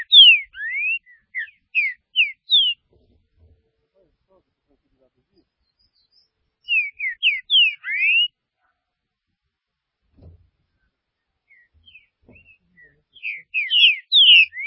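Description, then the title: Green-winged saltator singing rich whistled phrases of rapid downslurred and upslurred notes, separated by pauses of several seconds, otherwise quiet. "Trinca Ferro"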